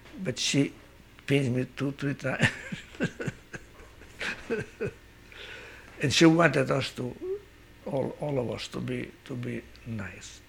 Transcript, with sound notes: but she beat me two, three times. ( he laughs ) And she wanted us to, all of us, to be, to be nice.